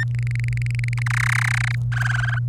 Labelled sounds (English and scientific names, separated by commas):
Domestic Canary (Serinus canaria) song